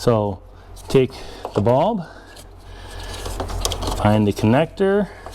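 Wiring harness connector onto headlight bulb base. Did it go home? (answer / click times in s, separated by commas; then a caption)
no / none. Someone talks while handling a new headlight bulb and its plastic wiring harness connector during a headlight bulb replacement on a 2013–2018 Toyota RAV4, with brief handling ticks around 3.4 to 3.7 s. The connector has not yet been pushed onto the bulb's terminals, and nothing has seated or clicked yet.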